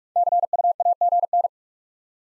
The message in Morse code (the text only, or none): CUAGN